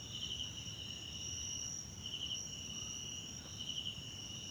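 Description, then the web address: Crickets chirping, a steady high trill with pulsing bursts every couple of seconds, over a second overlapping continuous high whine and a low rumbling background. Background crickets at night in a wetland park at Kosi Forest Lodge, South Africa. "Tonschliff - SOUTH AFRICAN CRICKETS BG South Africa Wetland Park Kosi Forest Lodge Night"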